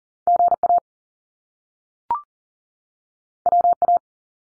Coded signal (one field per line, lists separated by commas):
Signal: Morse code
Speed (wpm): 40 wpm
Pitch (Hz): 700 Hz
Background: none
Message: GA WA